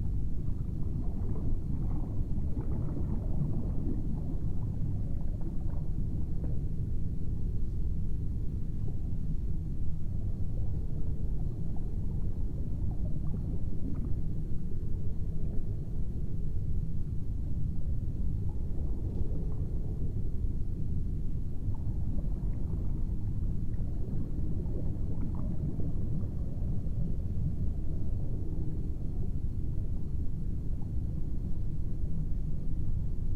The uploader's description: Foghorn, Ocean waves, low bubbling sounds, industrial fan